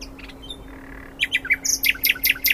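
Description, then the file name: Common nightingale song phrase: quiet notes, then a run of loud, sharp chirps repeated several times a second, with a faint low hum underneath. "Luscinia megarhynchos"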